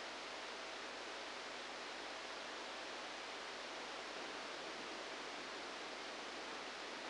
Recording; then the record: brain microelectrode recording played as sound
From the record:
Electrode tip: outside the subthalamic nucleus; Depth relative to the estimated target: -3 mm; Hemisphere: left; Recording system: NeuroSet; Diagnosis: Parkinson's disease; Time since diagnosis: 10 years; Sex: male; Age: 63 years